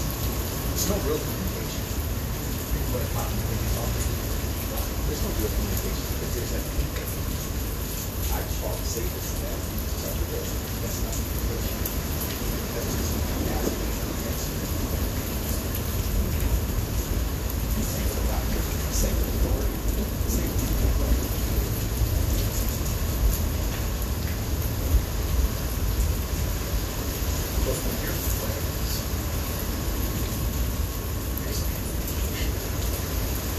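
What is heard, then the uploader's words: Soft rain falls in Salt Lake City with wind, a steady wash of patter that stays even for the whole stretch. A low rumble fills the bottom, and faint scattered ticks and small bursts come through irregularly, with a thin steady tone on top. Soft windy Salt Lake City rain. Just a nice little rainy windy Breeze of calm relaxation.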